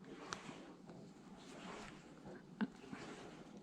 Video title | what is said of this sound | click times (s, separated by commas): Needle Creations Crochet Kit-Bee (Bella)-Pieces and Assembly | it might be a little difficult and there's little clicks | 0.3 s, 2.6 s